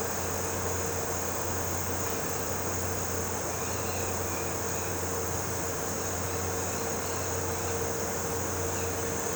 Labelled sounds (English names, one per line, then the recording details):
none
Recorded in pastures near Puerto Asís, Putumayo, Colombia, on 12 March 2025 at 16:30
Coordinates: 0.466, -76.322
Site CSA-02